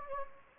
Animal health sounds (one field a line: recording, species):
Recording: mosquito wingbeat signal from an infrared sensor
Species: Anopheles gambiae